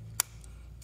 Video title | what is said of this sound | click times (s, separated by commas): ex 44Teeth Ducati 999s Fast Start Upgrade - Exact Start Kit | is push on this tab here and you'll hear a healthy click | 0.2 s